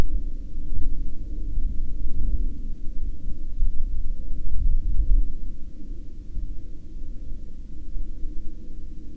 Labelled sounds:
aircraft, weather or water
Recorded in the Prudhoe Bay oil fields, Alaska, on 15 August 2019 at 08:36
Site 13

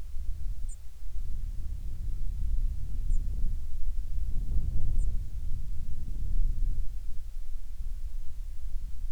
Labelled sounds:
songbird, wind
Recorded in the Prudhoe Bay oil fields, Alaska, on 7 August 2019 at 05:24
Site 13

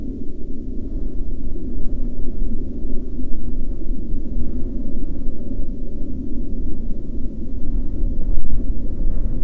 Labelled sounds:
aircraft
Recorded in the Prudhoe Bay oil fields, Alaska, on 9 May 2019 at 05:03
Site 14

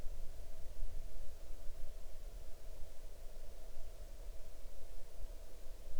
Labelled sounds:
near silence
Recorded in the Arctic National Wildlife Refuge, Alaska, on 6 July 2019 at 00:29
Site 39

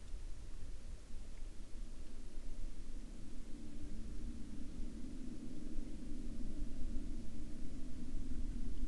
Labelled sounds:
aircraft
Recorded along the Dalton Highway, Alaska, on 16 October 2019 at 08:02
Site 09

